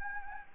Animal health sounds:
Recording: mosquito wingbeat signal from an infrared sensor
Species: Anopheles gambiae

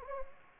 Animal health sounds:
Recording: mosquito wingbeat signal from an infrared sensor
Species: Anopheles gambiae

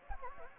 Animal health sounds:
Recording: mosquito wingbeat signal from an infrared sensor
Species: Anopheles gambiae

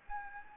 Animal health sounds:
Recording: mosquito wingbeat signal from an infrared sensor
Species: Anopheles gambiae

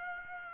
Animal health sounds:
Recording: mosquito wingbeat signal from an infrared sensor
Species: Aedes aegypti

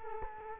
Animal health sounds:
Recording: mosquito wingbeat signal from an infrared sensor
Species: Culex quinquefasciatus

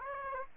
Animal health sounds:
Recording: mosquito wingbeat signal from an infrared sensor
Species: Aedes aegypti

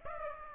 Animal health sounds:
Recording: mosquito wingbeat signal from an infrared sensor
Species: Aedes aegypti

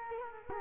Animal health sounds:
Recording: mosquito wingbeat signal from an infrared sensor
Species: Culex quinquefasciatus

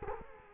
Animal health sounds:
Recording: mosquito wingbeat signal from an infrared sensor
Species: Culex quinquefasciatus

